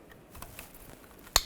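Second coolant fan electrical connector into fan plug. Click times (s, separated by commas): 1.4 s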